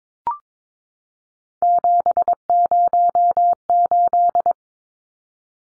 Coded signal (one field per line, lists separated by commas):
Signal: Morse code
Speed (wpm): 22 wpm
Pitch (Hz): 700 Hz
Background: none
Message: 708